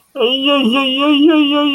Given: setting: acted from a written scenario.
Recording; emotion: vocal sound without words; distress